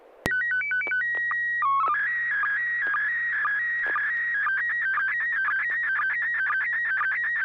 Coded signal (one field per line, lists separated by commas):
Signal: SSTV (slow-scan television)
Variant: PD 120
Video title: N6NA SSTV Net - 02/26/2025